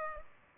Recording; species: mosquito wingbeat signal from an infrared sensor; Culex pipiens